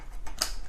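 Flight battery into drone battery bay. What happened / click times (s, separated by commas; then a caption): The battery clipped into its bay / 0.4 s. A Dynalog DR-DG600C GPS drone's flight battery is clipped back into its battery bay, giving a sharp click at 0.4 s after a softer knock at 0.3 s. The battery is seated and locked in, with no talk in the clip.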